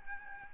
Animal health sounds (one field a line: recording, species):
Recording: mosquito wingbeat signal from an infrared sensor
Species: Aedes albopictus